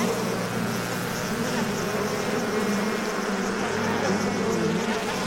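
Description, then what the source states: Bees produce heavy, even buzzing, a constant low drone filling every moment without breaks. Beehive, heavy buzzing, close perspective.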